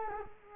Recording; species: mosquito wingbeat signal from an infrared sensor; Culex quinquefasciatus